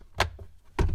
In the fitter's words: behind that framing when you thread this in until